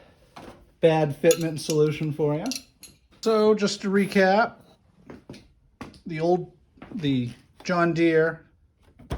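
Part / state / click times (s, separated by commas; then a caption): original throttle lever into lawn tractor dash mount / seated / 9.0 s, 9.1 s. Someone talks while the original plastic John Deere throttle lever is pressed into its mount on the dash of a John Deere x300 lawn tractor. Two short clicks are heard at 9.0 and 9.1 seconds as the lever snaps in and seats.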